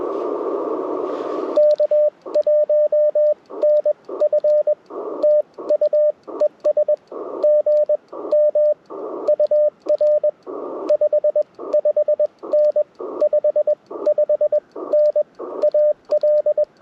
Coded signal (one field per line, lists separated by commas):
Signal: Morse code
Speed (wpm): 20 wpm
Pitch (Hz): 600 Hz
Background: radio noise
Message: K1NF TU ES GM UR 55N 55N AL